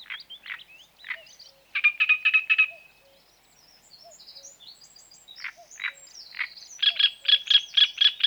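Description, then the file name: Great reed warbler song, a loud stuttering run of rasping notes, then scattered squeaky chirps, ending in a fast rhythmic series of harsh repeated syllables. "Grotekarekiet"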